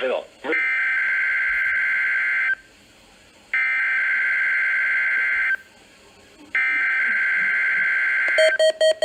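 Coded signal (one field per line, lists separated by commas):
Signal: Emergency Alert System (SAME) tones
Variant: header bursts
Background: speech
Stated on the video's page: Three Required Weekly Tests received on NOAA Weather Radio.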